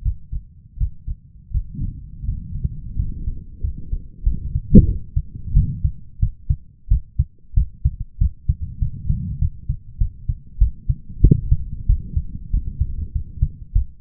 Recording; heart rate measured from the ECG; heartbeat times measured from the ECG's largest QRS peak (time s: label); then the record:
heart sounds by stethoscope; 92 bpm
0.01 s: heartbeat
0.77 s: heartbeat
1.50 s: heartbeat
2.24 s: heartbeat
2.95 s: heartbeat
3.61 s: heartbeat
4.23 s: heartbeat
4.85 s: heartbeat
5.53 s: heartbeat
6.19 s: heartbeat
6.88 s: heartbeat
7.54 s: heartbeat
8.18 s: heartbeat
8.79 s: heartbeat
9.39 s: heartbeat
9.98 s: heartbeat
10.58 s: heartbeat
11.21 s: heartbeat
11.86 s: heartbeat
12.51 s: heartbeat
13.12 s: heartbeat
13.73 s: heartbeat
From the record:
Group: healthy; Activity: Valsalva maneuver 0-2 s, rest 2-14 s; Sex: male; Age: 23 years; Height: 179 cm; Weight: 87 kg